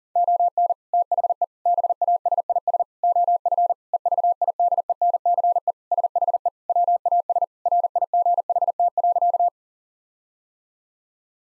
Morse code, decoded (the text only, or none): ON THE BASIS OF EVIDENCE SHE WAS RIGHT.